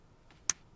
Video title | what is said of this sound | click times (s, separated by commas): HONOR Watch X5i – How to change straps | this, and then you just push it in. It will click in, and once it does, it will hold. Same for the other side, | 0.5 s